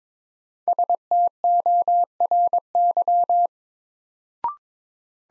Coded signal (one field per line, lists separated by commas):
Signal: Morse code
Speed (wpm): 22 wpm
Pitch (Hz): 700 Hz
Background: none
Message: STORY